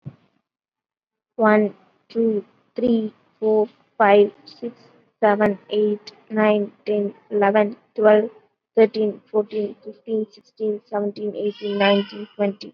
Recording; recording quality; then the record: counting at a normal pace; excellent, no background noise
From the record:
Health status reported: COVID-19 positive, mild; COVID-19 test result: positive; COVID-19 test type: RT-PCR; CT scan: not taken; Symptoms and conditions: cough, cold, breathing difficulty, fever, fatigue, muscle pain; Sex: female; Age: 20 years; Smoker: no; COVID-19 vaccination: none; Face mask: worn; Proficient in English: yes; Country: India